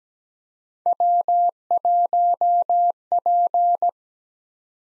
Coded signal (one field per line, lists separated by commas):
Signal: Morse code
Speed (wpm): 17 wpm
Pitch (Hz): 700 Hz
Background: none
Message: W1P